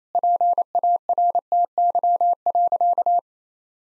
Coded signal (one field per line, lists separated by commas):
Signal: Morse code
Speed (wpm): 28 wpm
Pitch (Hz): 700 Hz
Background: none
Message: PARTY.